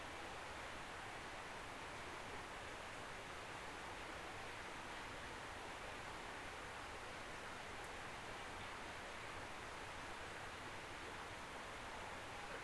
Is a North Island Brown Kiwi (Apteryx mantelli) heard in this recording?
no